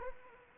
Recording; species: mosquito wingbeat signal from an infrared sensor; Anopheles arabiensis